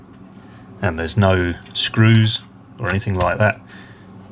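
Someone talks while the plastic body shell of a Dapol Class 59 model locomotive is handled, ready to be pressed back onto its chassis, where it is held by a couple of clips with no screws. Only speech and quiet background are heard, and nothing has seated or clicked yet.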